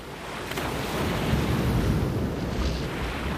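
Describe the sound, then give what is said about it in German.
Heavy ocean surf breaks at Galveston Island off the coast of present-day Texas in 1528, roaring steadily, a dense wash of crashing waves with brief surges of spray and buffeting wind. No voices are heard. “In der starken Brandung verlieren sie die Boote, mindestens 20 Männer ertrinken, aber der Rest erreicht den rettenden Strand.”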